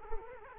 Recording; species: mosquito wingbeat signal from an infrared sensor; Culex quinquefasciatus